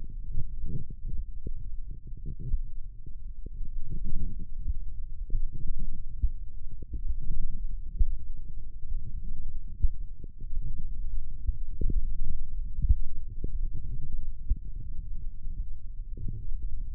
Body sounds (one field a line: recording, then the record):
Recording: forearm muscle sounds (acoustic myography)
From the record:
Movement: index flexion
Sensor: system 1, eight BSWA MPA416 microphones around the upper forearm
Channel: 5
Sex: female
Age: 21 years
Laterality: right